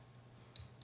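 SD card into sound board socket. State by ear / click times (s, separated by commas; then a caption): seated / 0.6 s, 0.8 s. An SD card is pressed into a tight socket on a sound board until it latches and seats. Two short, bright clicks are heard at 0.6 s and 0.8 s.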